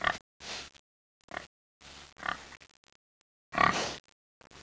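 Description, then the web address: Pig grunts and snorts in several short, rough bursts separated by silent gaps. "creative wavs pig"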